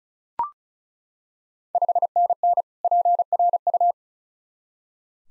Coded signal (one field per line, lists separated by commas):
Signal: Morse code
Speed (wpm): 34 wpm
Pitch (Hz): 700 Hz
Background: none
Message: 5NN PRU